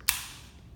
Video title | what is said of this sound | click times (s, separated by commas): OHGA How to use Vibrating Mesh Nebulizer | you're gonna hear a click sound just like this okay | 0.1 s